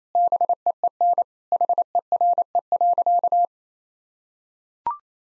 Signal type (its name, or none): Morse code